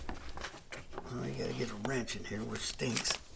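A wrench is fitted to the cut-height adjuster on a greens mower reel to turn it clockwise, with a few short metallic taps and handling sounds early in the clip while someone talks. The detent prong has not yet snapped into the next notch, so nothing has seated or clicked yet.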